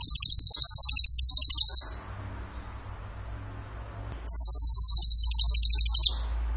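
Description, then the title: Bird song: a high, rapid, even trill, a pause of about two and a half seconds, then another trill of almost two seconds. Training song (masteran) in the tembakan gacor style. "Masteran Burung Tembakan Gacor"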